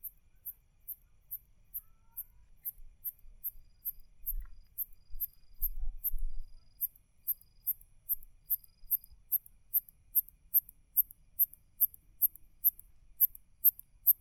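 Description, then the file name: Cricket chirping in short high-pitched pulses, about two per second, with a soft low rumble and faint thumps midway. "Con De"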